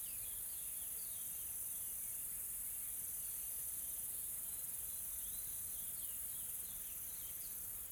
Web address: Smart Sound FX - Nature South Africa AMBIENCE Additional Tropical Forest Soft Insects Calm